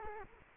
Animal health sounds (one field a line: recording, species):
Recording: mosquito wingbeat signal from an infrared sensor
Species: Culex quinquefasciatus